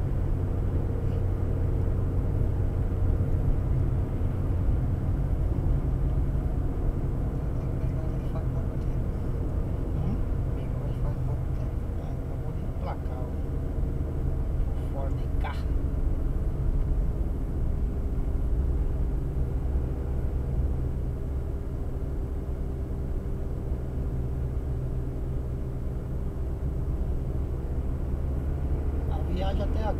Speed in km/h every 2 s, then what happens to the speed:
69, 68, 65, 64, 63, 59, 57, 54, 52, 52, 51, 51, 52, 55, 61.
0-15 slows to 52. 15-23 steady at about 51. 23-30 speeds up to 61.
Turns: none.